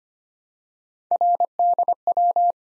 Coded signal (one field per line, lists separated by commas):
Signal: Morse code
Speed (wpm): 26 wpm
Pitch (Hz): 700 Hz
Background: none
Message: RDW